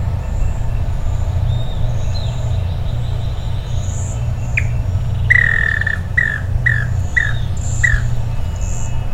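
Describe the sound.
Bird calls: about five short, harsh downslurred notes repeated roughly every half second in the second half, with high thin whistles and a low droning background.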